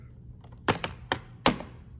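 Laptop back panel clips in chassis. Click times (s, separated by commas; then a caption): 0.8 s, 1.1 s, 1.5 s. The plastic back panel of a Lenovo Yoga 11e Gen 5 laptop is pried up from the top right corner, and its retaining clips release from the chassis with loud, sharp snaps at about 0.8, 1.1 and 1.5 seconds, preceded by a few faint ticks. The snapping is just the panel releasing itself, and the clips come loose.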